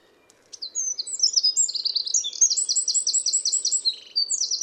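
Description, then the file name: Eurasian wren song, a long, high, rapid series of chattering notes and a ringing trill, continuing to the end. "Troglodytes troglodytes"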